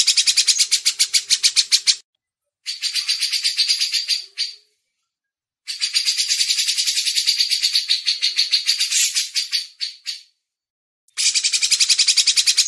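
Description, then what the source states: Grey-cheeked bulbul song: long bursts of rapid, harsh pulsed notes separated by silent gaps. Masteran: training audio for songbirds.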